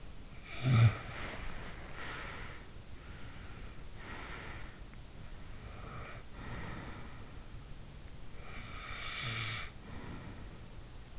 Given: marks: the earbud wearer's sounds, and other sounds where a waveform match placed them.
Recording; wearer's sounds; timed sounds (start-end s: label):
sounds in sleep by an in-ear microphone; snoring breath, body movement, breath
0.00-1.20 s: snoring breath
1.26-2.93 s: body movement
2.93-7.14 s: breath
8.39-11.19 s: breath